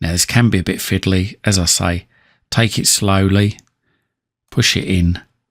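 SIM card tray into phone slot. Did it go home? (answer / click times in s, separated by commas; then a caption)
no / none. A SIM tray holding a SIM card is being pushed into a phone's SIM slot while someone talks through three bursts of speech with short quiet gaps between them. Nothing has seated or clicked yet; the clip ends just before the tray goes home.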